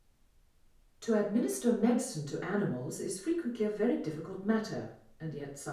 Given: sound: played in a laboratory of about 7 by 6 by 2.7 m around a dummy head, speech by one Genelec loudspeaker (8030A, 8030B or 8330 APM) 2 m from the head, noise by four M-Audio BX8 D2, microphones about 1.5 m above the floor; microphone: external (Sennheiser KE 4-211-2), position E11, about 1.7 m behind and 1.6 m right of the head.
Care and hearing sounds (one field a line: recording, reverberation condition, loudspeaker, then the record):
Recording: female speech in English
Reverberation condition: medium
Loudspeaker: 60 degrees to the left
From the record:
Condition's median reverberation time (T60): about 510 ms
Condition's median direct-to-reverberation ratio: about -0.5 dB